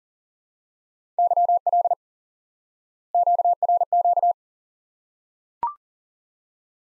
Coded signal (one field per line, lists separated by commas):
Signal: Morse code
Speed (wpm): 40 wpm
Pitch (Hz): 700 Hz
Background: none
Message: YL QRQ